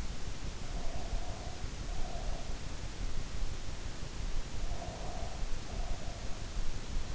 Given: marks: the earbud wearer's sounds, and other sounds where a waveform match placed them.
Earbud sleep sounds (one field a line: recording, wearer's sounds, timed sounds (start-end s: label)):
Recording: sounds in sleep by an in-ear microphone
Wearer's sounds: breath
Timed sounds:
0.42-2.82 s: breath
4.55-6.34 s: breath